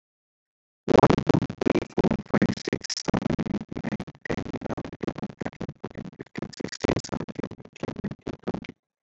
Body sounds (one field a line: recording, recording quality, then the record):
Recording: counting at a normal pace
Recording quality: moderate, slight background noise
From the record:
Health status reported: exposed to COVID-19, no respiratory illness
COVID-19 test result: not tested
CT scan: not taken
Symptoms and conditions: none ticked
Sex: male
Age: 31 years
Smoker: no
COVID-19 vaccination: both doses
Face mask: not worn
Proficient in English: yes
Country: India